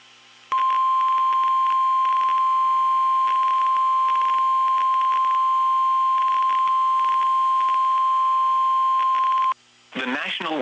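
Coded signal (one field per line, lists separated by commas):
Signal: Emergency Alert System (SAME) tones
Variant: 1050 Hz attention tone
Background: speech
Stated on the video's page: Severe thunderstorm warning tones captured from a livestream.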